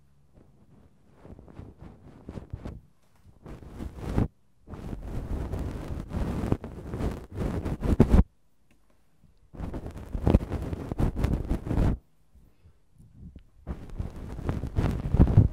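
A goose-feather wand brushes against the microphone in dense, soft rustling bursts with a heavy, muffled low rumble. Sweeps last a few seconds each, building and stopping abruptly, separated by near-silent pauses around 4, 8–9.5 and 12–13.5 seconds.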